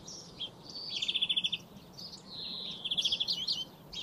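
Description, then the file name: European greenfinch song with two quick trilled runs linked by a long nasal wheeze. "Chloris chloris"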